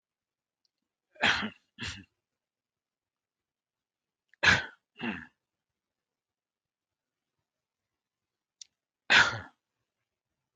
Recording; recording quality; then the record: shallow voluntary cough; excellent, no background noise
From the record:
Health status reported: healthy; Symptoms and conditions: hypertension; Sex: male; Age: 48 years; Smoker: not ticked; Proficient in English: yes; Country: India